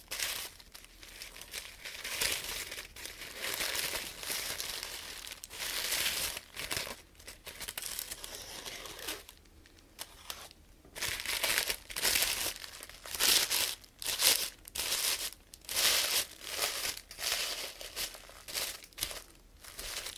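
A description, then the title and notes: Crinkling of plastic or paper, handled in a dense run of bright, crisp crackles. A near-silent pause falls around ten seconds, and afterwards the sound comes in more distinct bursts, roughly one every half second, with short gaps between crunches. ASMR Crinkles all the way.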